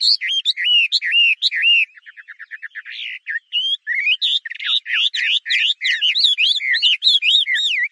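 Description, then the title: Chinese hwamei singing varied, loud whistled phrases with rising and falling slurs, broken mid-way by a rapid series of short, softer notes before the rich whistling resumes. "画眉鸟的叫声"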